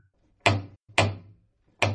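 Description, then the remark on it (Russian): A woman strikes a door knocker three times, each blow a heavy, dull thud with a short ringing decay. The second knock follows quickly, the third after a longer pause, with no voices. “Она трижды ударила молоточком. Звук получился глухим.”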